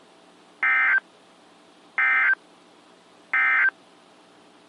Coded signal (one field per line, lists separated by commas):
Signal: Emergency Alert System (SAME) tones